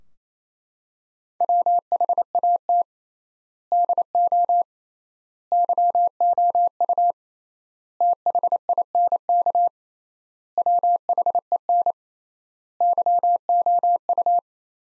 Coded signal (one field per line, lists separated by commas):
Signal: Morse code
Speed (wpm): 28 wpm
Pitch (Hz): 700 Hz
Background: none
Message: WHAT DO YOU THINK WHEN YOU